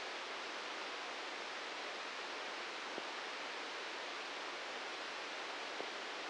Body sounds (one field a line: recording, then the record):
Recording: brain microelectrode recording played as sound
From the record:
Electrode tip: outside the subthalamic nucleus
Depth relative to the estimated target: 4 mm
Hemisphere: left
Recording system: NeuroSet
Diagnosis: Parkinson's disease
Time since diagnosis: 15 years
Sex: male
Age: 65 years